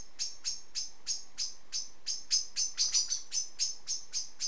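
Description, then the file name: Common blackbird sharp chinking calls, high clicky notes repeated about four times a second, with a quiet background. "Turdus merula"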